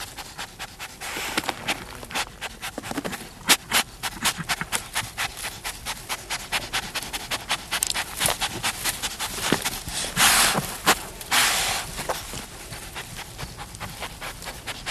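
Giant anteater snorting and sniffing, with rapid clicking and rustling throughout and two longer breathy snorts near the end.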